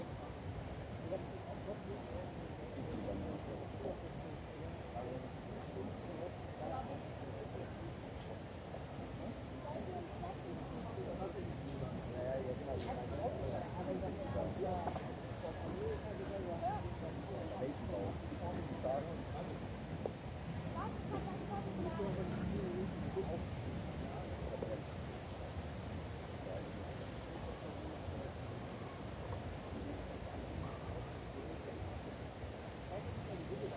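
Crowd murmur fills the Englischer Garten in Munich, a dense, steady blend of many voices talking at once. The low, even hum never lets up, with brief clicks and sharper sounds popping out now and then throughout.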